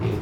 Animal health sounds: contact call of a hoofed animal; pig; closed-mouth grunt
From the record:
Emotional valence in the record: positive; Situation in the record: food and toys in familiar pen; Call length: 0.22 s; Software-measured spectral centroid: 1660 Hz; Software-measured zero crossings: 850 a second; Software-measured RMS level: -24 dBFS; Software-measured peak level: -13 dBFS

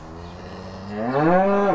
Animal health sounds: contact call of a hoofed animal; cattle; low-frequency (closed-mouth) or high-frequency (open-mouth) call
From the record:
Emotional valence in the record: negative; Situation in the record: full separation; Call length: 1.75 s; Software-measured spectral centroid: 1080 Hz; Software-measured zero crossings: 1430 a second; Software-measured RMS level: -22 dBFS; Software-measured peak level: -6 dBFS

